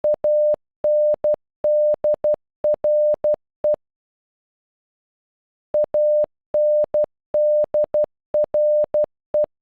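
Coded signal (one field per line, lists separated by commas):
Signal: Morse code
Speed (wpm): 12 wpm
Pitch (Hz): 600 Hz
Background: none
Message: ANDRE ANDRE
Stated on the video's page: Morse for a name from a converter tool, played at normal and half speed.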